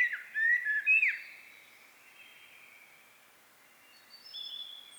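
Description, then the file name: Common blackbird delivering one brief fluted phrase of slurred whistles at the very start, then near silence with faint high notes later. "Turdus merula"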